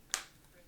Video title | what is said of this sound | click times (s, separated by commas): Replace LCD without frame / Samsung A03S / CrocFIX | Click uh sound then you know it's properly attached | 0.1 s